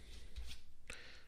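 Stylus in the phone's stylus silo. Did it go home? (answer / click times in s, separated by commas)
released / 0.9 s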